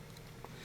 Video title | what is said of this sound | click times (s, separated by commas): Dorma C553 x LRC x 626 x 15252 x 134 x 5001 x SC x MKD x These locks are keyed differently and maste | it you did hear it click but my keys not returning to zero which tells me it's not fully seated | 0.2 s, 0.5 s